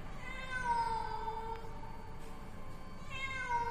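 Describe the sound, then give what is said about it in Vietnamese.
A cat lets out long, drawn-out, wavering meows, one stretching nearly two seconds and another rising near the end, sounding plaintive and eerie over a low steady background hum. “Đột nhiên, quanh đây văng vẳng, tiếng mèo vang lên. Tiếng mèo kêu, nghe đến rợn cả người.”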